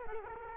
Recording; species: mosquito wingbeat signal from an infrared sensor; Culex quinquefasciatus